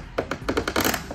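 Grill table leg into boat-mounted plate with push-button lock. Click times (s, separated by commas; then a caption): 0.3 s, 0.5 s, 0.6 s, 0.7 s, 0.8 s, 0.9 s. A pontoon boat grill's table leg is screwed into its boat-mounted plate, and the push-button safety lock makes a series of short, sharp clicks at 0.3, 0.5, 0.6, 0.7, 0.8 and 0.9 seconds as the leg turns. The leg locks and is seated in the plate.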